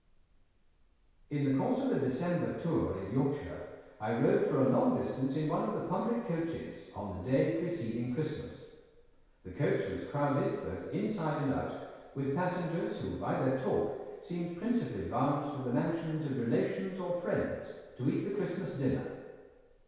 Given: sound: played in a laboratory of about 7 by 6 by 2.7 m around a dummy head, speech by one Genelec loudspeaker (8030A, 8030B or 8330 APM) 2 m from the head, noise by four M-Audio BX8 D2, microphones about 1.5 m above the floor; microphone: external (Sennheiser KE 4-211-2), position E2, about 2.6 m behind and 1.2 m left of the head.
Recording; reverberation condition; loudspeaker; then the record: male speech in English; high; 150 degrees to the right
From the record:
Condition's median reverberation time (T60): about 1300 ms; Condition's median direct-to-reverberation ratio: about -4.0 dB